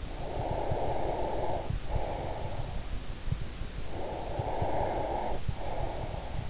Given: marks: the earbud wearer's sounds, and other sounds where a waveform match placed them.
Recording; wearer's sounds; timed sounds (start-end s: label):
sounds in sleep by an in-ear microphone; breath
0.04-2.93 s: breath
3.95-6.50 s: breath